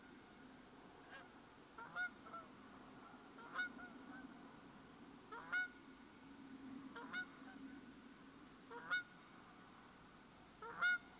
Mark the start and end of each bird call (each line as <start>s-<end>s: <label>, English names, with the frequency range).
1.10s-1.26s: Canada Goose (0.5-4.1 kHz)
1.76s-2.48s: Canada Goose (0.3-5.1 kHz)
3.39s-4.26s: Canada Goose (0.6-5.9 kHz)
5.29s-5.68s: Canada Goose (0.4-5.9 kHz)
6.93s-7.57s: Canada Goose (0.4-5.2 kHz)
8.70s-9.05s: Canada Goose (0.5-8.1 kHz)
10.62s-10.99s: Canada Goose (0.4-8.5 kHz)